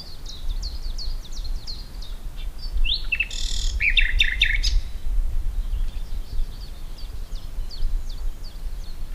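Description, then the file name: Common nightingale song: a steady series of high hooked notes, broken midway by a loud burst of rich, rattling phrases, with low background rumble. "Luscinia megarhynchos"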